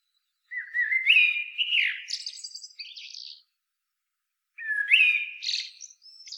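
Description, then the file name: Common blackbird singing two phrases, each a low rising flute-like whistle followed by a squeaky, rasping high flourish. "Turdus merula"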